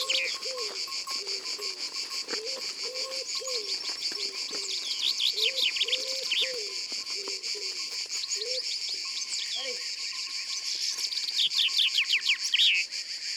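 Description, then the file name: Common wood pigeon cooing in a rhythmic run of soft hoots during the first two thirds, then falling quiet while songbirds and buzzing insects continue throughout. "Pigeon ramier"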